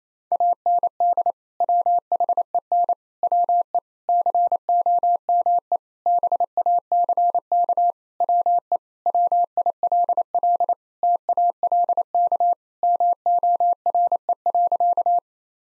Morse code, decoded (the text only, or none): AND WHEN WE COME BACK WE WILL TALK MORE.